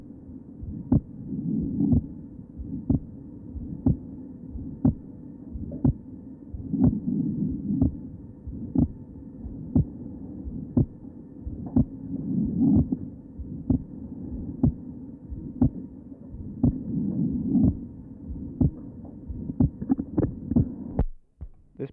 His second sound was widely split and fixed to respiration. At the present time, recording is taken from pulmonary area. Note the normal splitting of his second sound.